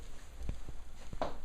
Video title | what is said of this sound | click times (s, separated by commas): My Caberg Konda Flip Front Motorcycle Helmet | it does lock shot it locks with a real nice snapping sound so you know it is very | 1.2 s